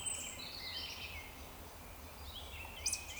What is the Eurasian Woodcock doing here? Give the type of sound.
whistle